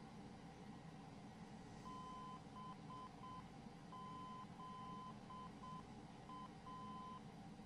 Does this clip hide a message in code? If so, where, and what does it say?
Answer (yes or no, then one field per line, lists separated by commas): yes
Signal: Morse code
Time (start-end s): 1.9-7.2 s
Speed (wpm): 7 wpm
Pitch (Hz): 1020 Hz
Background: none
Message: BZA